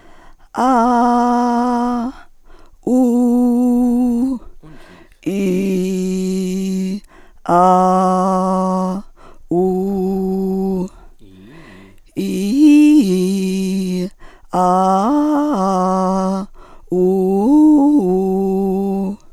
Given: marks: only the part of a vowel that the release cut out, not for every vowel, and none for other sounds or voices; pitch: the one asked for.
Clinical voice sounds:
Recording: sustained vowels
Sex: female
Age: 50 to 59 years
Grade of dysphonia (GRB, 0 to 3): 0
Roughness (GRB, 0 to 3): 0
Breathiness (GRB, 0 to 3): 0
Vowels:
0.79-1.97 s: vowel /a/, high pitch
3.04-4.15 s: vowel /u/, high pitch
5.36-6.83 s: vowel /i/, low pitch
7.78-8.75 s: vowel /a/, low pitch
9.60-10.71 s: vowel /u/, low pitch
12.31-13.97 s: vowel /i/, low-high-low pitch
14.65-16.30 s: vowel /a/, low-high-low pitch
17.05-18.97 s: vowel /u/, low-high-low pitch
From the record:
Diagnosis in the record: Reinke's edema, hyperfunctional dysphonia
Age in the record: 59 years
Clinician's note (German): Rückläufig

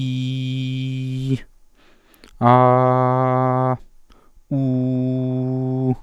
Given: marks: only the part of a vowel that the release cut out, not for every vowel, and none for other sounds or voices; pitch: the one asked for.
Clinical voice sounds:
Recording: sustained vowels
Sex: male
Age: 20 to 29 years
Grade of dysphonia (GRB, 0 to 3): 1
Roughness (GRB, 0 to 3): 0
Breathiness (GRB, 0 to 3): 0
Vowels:
0.00-1.24 s: vowel /i/, normal pitch
2.60-3.63 s: vowel /a/, normal pitch
4.70-5.80 s: vowel /u/, normal pitch
From the record:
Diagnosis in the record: healthy voice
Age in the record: 24 years

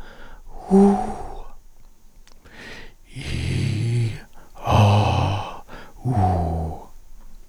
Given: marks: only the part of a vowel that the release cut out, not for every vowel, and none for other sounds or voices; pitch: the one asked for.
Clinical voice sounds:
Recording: sustained vowels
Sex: male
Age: 50 to 59 years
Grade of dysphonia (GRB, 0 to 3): 3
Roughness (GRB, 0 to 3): 0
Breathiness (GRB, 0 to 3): 3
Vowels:
0.70-1.21 s: vowel /u/, high pitch
3.26-4.10 s: vowel /i/, low pitch
4.71-5.38 s: vowel /a/, low pitch
6.07-6.70 s: vowel /u/, low pitch
From the record:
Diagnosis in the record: psychogenic dysphonia, diplophonia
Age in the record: 58 years

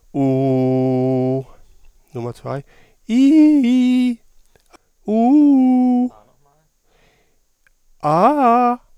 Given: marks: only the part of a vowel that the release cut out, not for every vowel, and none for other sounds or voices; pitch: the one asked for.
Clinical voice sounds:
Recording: sustained vowels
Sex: male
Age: 50 to 59 years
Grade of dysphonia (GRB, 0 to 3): 1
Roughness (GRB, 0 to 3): 1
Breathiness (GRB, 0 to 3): 0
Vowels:
0.27-1.31 s: vowel /u/, low pitch
3.21-4.02 s: vowel /i/, low-high-low pitch
5.20-5.94 s: vowel /u/, low-high-low pitch
8.13-8.67 s: vowel /a/, low-high-low pitch
From the record:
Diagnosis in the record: recurrent laryngeal nerve paralysis, dysphonia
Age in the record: 51 years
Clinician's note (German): Alte kompensierte Rec. Par. und funktionelle Dysphonie mit eher hypotonem Schwingungsbild

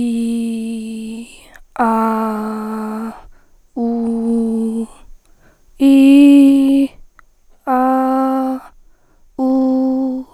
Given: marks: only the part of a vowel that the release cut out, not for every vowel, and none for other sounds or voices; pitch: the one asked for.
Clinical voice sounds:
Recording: sustained vowels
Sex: female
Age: 30 to 39 years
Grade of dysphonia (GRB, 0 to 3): 2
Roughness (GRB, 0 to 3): 1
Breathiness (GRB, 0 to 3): 2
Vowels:
0.00-1.00 s: vowel /i/, normal pitch
1.88-2.98 s: vowel /a/, normal pitch
3.85-4.65 s: vowel /u/, normal pitch
5.91-6.75 s: vowel /i/, high pitch
7.72-8.51 s: vowel /a/, high pitch
9.46-10.11 s: vowel /u/, high pitch
From the record:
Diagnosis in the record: hyperfunctional dysphonia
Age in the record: 33 years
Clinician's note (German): Ausgeprägte Form, mit beginnender Phonationsverdickung beidseitig

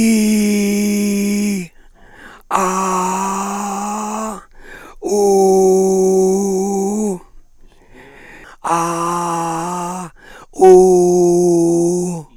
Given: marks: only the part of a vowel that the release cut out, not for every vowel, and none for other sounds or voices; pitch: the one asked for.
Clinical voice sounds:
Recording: sustained vowels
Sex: male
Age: 60 to 69 years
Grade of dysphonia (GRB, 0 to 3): 3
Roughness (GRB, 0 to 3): 2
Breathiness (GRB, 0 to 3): 3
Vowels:
0.00-1.47 s: vowel /i/, normal pitch
2.72-4.16 s: vowel /a/, normal pitch
5.28-6.97 s: vowel /u/, normal pitch
8.76-10.04 s: vowel /a/, high pitch
10.79-11.97 s: vowel /u/, high pitch
From the record:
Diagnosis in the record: frontolateral partial laryngectomy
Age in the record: 67 years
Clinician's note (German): Aufnahme 6 nach OP

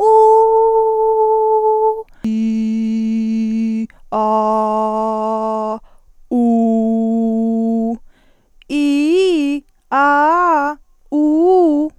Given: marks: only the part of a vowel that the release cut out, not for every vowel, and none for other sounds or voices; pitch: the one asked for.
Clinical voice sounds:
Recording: sustained vowels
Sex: female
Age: 20 to 29 years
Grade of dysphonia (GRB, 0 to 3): 0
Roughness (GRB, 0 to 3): 0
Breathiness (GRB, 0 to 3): 0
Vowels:
0.37-1.41 s: vowel /u/, high pitch
2.51-3.46 s: vowel /i/, low pitch
4.26-5.64 s: vowel /a/, low pitch
6.51-7.78 s: vowel /u/, low pitch
8.81-9.51 s: vowel /i/, low-high-low pitch
9.96-10.66 s: vowel /a/, low-high-low pitch
11.18-11.81 s: vowel /u/, low-high-low pitch
From the record:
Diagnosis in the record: healthy voice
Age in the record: 21 years

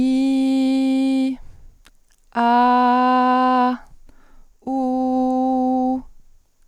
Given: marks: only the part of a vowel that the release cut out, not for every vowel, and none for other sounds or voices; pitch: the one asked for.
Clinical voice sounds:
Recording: sustained vowels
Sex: female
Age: 40 to 49 years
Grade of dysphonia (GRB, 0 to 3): 0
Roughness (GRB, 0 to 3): 0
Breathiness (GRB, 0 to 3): 0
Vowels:
0.00-1.25 s: vowel /i/, normal pitch
2.41-3.68 s: vowel /a/, normal pitch
4.71-5.93 s: vowel /u/, normal pitch
From the record:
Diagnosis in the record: healthy voice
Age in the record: 41 years

